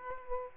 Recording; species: mosquito wingbeat signal from an infrared sensor; Aedes aegypti